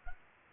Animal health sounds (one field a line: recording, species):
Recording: mosquito wingbeat signal from an infrared sensor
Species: Anopheles gambiae